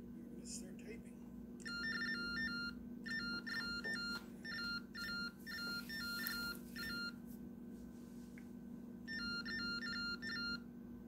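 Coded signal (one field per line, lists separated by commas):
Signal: modem data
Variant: TTY Baudot 45.45 baud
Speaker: it'll play back and we will hit play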